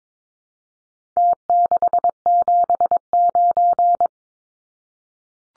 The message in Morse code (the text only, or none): T679